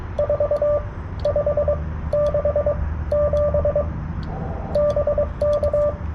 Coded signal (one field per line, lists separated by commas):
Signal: Morse code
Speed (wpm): 22 wpm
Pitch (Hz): 590 Hz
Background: none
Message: 4567 BK